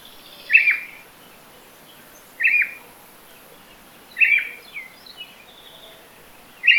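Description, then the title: Black-crested Warbler giving sharp, high, clipped single notes, one roughly every two seconds, with faint softer notes between and quiet background hiss. "Myiothlypis Nigrocristata"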